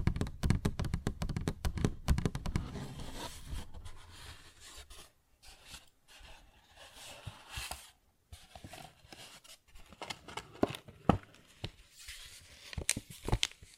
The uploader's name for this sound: Paper Bag Tapping and Scratching Sounds